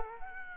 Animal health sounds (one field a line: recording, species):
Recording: mosquito wingbeat signal from an infrared sensor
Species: Culex quinquefasciatus